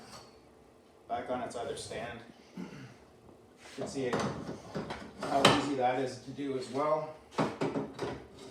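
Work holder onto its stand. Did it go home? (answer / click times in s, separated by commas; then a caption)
no / none. A work holder is being set back onto its other stand while someone talks, with a few brief handling knocks, the loudest near 7.4 and 7.6 seconds. The stand mount has not locked into place yet, so nothing has seated or clicked by the end of the clip.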